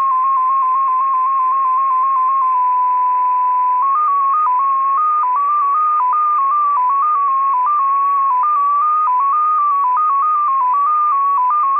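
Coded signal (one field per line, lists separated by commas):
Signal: numbers station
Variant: XPA2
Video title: XPA2 Number Station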